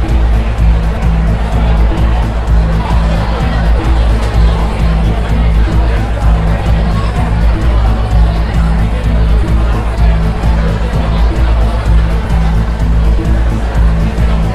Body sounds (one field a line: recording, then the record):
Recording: background sound without coughing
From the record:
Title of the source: Party Noise 1 Hour Party Ambience